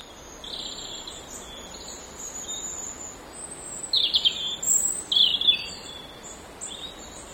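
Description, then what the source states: European robin giving short, high, thin song fragments, mostly in the middle, over a steady rushing hiss throughout. Recorded beside a mill stream on 10 November 2014.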